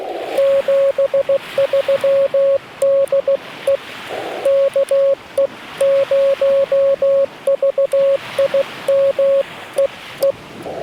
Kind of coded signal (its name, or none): Morse code